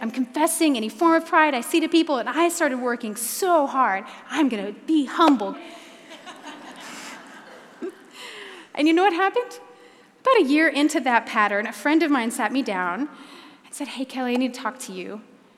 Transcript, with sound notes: I’m confessing any form of pride I see to people. I started working so hard! “I’m going to be humble!” (laughter) And you know what happened? About a year into that pattern, a friend of mine sat me down and said, “Hey, Kelly, I need to talk to you.